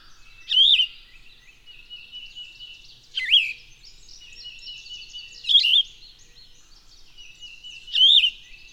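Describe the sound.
Bird song: sharp rising-then-falling whistled notes recur four times, about every two and a half seconds, above continuous chirping.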